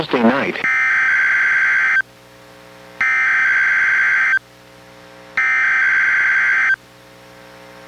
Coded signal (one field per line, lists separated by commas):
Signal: Emergency Alert System (SAME) tones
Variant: header bursts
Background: speech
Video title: EAS #961: NWR Required Weekly Test- Aug. 14, 2024- 11:02AM PDT